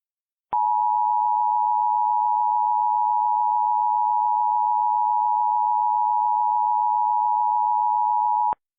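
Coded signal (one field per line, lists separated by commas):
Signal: Emergency Alert System (SAME) tones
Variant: 853 and 960 Hz attention tone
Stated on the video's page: Remade EAS alerts for Hurricane Ida containing valid tones; recreations, not real broadcasts.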